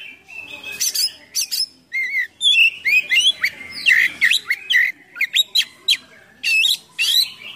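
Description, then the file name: Oriental magpie-robin song of twisting whistled phrases, chattering notes and short rising calls delivered in a busy, mimicking stream. Full gacor singing with a rich full isian of imitated songs. "KACER GACOR FULL ISIAN MEWAH"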